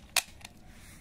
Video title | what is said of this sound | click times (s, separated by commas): RFID hidden drawer cabinet lock , electronic wooden locker cabinet lock for cupboard box - Set Card | ये देखिए ये lock हो गया अब | 0.2 s